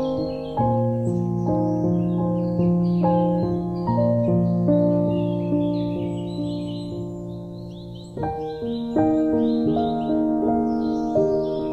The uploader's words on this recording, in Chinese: 春天的森林。大自然与钢琴旋律。